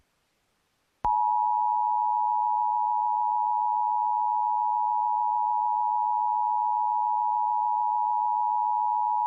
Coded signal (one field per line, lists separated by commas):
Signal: Emergency Alert System (SAME) tones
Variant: 853 and 960 Hz attention tone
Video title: Look who's running the show from the amazing digital circus but voice by the NNOS NWS EAS guy